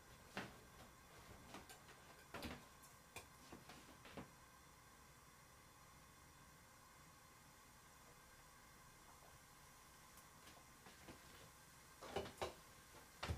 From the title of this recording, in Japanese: 洗い物の後はえびそば